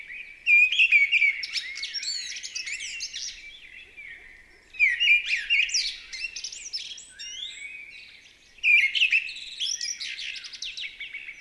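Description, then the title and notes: Mistle thrush song delivered in three loud, rich phrases about four seconds apart, each mixing fluty whistles with squeaky, scratchy flourishes that trail off. Recorded 28 March 2020 at Val Maravel in stereo with a Nagra LB and MKH40 microphone, with no aircraft noise at the time; bird singing with great vocal fervour. "UNE DRAINE ENCHANTEE. 28 mars 2020-Val Maravel. Voici la belle Grive draine (Turdus viscivorus) dans toute sa ferveur vocale"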